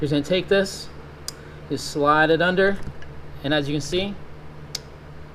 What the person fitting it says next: it clips right on.